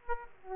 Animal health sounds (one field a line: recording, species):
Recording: mosquito wingbeat signal from an infrared sensor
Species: Aedes aegypti